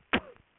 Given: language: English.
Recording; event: throat vibration sensor signal played as sound; cough